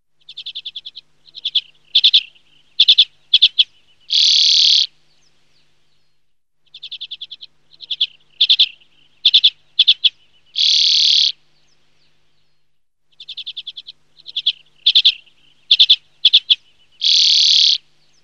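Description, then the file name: Common redpoll calling in a sequence repeated about every six and a half seconds: a fast dry trill, a few sharp notes, then a drawn-out harsh buzz. "URPIAINEN"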